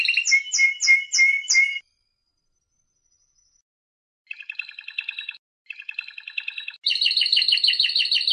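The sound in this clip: Canary song in phrases: a few bright repeated chirps, a pause of silence, then rapid rattling trills and a high, fast, buzzy roll.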